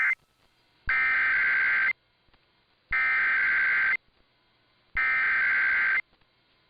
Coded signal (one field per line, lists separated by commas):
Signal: Emergency Alert System (SAME) tones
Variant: header bursts